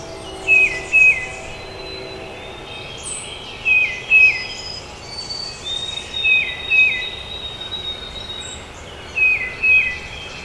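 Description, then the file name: Tufted titmouse singing paired whistled notes that drop in pitch, four phrases spaced a few seconds apart, with other faint high bird calls in the background. Recorded at Trempealeau on 12 May 2018. "2018-05-12 TUTI-Trempealeau"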